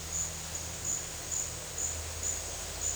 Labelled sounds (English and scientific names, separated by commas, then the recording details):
none
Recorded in dense forest near Puerto Asís, Putumayo, Colombia, on 20 December 2024 at 12:30
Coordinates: 0.468, -76.322
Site G071